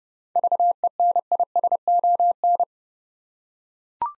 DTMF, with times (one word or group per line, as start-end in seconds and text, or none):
none